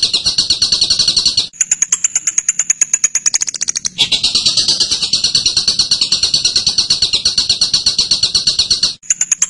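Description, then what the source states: Bird song with fast, high buzzy trilling, broken by brief gaps and a stretch of sharper repeated chips before the trill resumes. Birdsong training recording (masteran) of a bird's voice.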